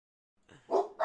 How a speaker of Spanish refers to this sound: Por ahí están de fondo los hispadogos, ladrando, como siempre.